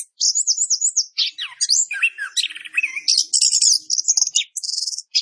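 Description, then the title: Orange-headed thrush singing a rapid, rich medley of high whistled warbles and fast trilled bursts, each phrase flowing quickly into the next. Orange-headed thrush singing in a vigorous, continuous (gacor) style with rapid roll material, used as masteran for training cage birds. "Anis Kembang Gacor. Masteran Anis Kembang materi Roll Speed"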